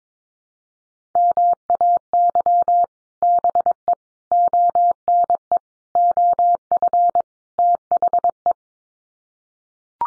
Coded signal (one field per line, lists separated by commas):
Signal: Morse code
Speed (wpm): 22 wpm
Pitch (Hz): 700 Hz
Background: none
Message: MAY BE ONE OF THE